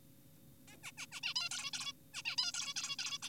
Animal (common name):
Zebra Finch